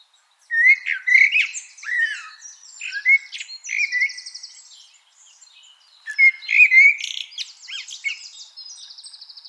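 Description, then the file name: Two loud Common blackbird song phrases, each made of rich whistled notes and ending in a high, rapid, rattling trill, with a short gap between them. "Turdus merula"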